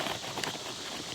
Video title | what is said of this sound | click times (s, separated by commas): Jumping On The Old School Bandwagon 2: ALICE Packs! | when you need to get get it off again just pop that up | 0.4 s